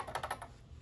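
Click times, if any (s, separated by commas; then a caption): 0.2 s. A bobbin case, held like a ring, is pushed back into the bobbin holder of a sewing machine, giving a quick series of sharp, light clicks at about 0.2, 0.2, 0.3 and 0.4 seconds. It clicks into place at 0.1 seconds and is seated.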